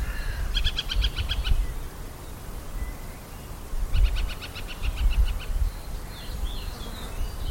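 Bird calls: two bursts of rapid, evenly spaced high notes, each lasting one to one and a half seconds, over a steady low rumble.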